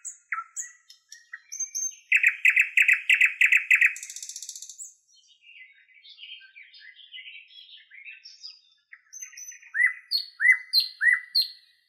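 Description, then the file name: Common nightingale song: clear whistled notes, then a loud, rapid, buzzy trill, a dry rattling burst, soft varied warbling, and finally repeated whistled slurs. "solovey"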